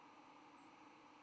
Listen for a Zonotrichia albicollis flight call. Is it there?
no